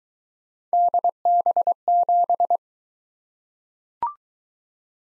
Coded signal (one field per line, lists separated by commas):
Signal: Morse code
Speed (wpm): 22 wpm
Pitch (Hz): 700 Hz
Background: none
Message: DB7